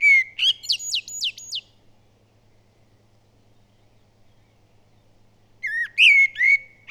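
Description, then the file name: Common blackbird song, a fluted whistle then a run of quick high squeaky notes, silence for several seconds, and another whistled phrase. "Turdus merula"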